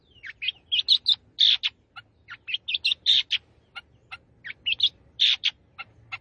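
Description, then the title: Long-tailed shrike song: a busy, continuous medley of harsh chatter, squeaks and buzzy high notes, changing constantly with barely any pause. Singing lively, described in Indonesian as gacor. "Cendet Gacor"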